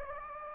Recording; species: mosquito wingbeat signal from an infrared sensor; Anopheles gambiae